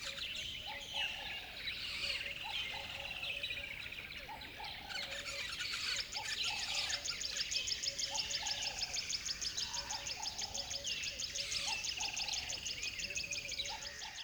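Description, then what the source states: Bird: thick chorus of many birds, with rapid chattering trills, high buzzy notes and overlapping whistles filling the whole stretch without a break. Birds singing at dawn in a river bed.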